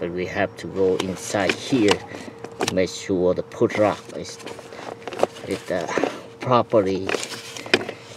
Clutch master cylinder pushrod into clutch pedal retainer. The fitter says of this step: stay in the hole like that you can uh try to frack it in until you hear the click